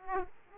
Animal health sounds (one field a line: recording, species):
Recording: mosquito wingbeat signal from an infrared sensor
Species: Aedes aegypti